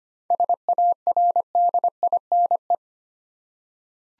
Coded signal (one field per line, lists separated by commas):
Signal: Morse code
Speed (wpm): 25 wpm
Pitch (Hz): 700 Hz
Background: none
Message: SARDINE